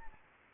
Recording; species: mosquito wingbeat signal from an infrared sensor; Anopheles arabiensis